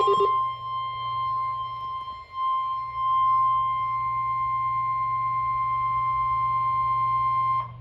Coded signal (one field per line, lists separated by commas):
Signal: Emergency Alert System (SAME) tones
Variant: 1050 Hz attention tone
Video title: Severe Thunderstorm Warning (EAS #95)